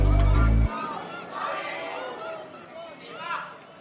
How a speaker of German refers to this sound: Der Angeklagte betritt den Gerichtssaal. Die Zuschauer rufen seinen Namen.